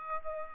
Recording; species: mosquito wingbeat signal from an infrared sensor; Aedes albopictus